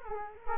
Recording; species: mosquito wingbeat signal from an infrared sensor; Culex quinquefasciatus